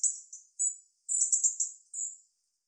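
European robin producing a near-continuous run of very high, thin, slightly buzzy notes in several bursts.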